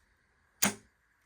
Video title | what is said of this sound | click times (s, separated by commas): Razor C35 SLA ￼ electric scooter- unboxing & initial thoughts- RC Cincy Extras | hear that latch test it nice and tight | 0.6 s